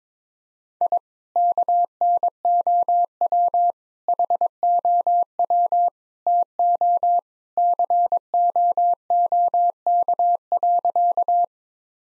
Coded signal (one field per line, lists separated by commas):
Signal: Morse code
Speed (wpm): 22 wpm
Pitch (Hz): 700 Hz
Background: none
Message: I KNOW HOW TO COOK.